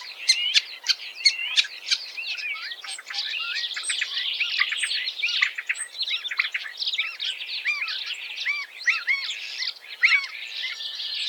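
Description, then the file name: Common starling song opening with rapid sharp clicks, then a steady chatter of looping whistles, wheezy slurs and rattling notes running without a break. "Golosa ptic i zverei - Skvorec"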